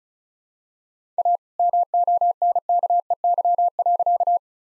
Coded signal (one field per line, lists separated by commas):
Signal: Morse code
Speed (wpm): 34 wpm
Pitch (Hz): 700 Hz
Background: none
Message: A MONKEY.